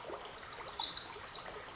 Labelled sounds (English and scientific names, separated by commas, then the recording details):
Pacific Wren (Troglodytes pacificus)
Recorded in Sonoma County, California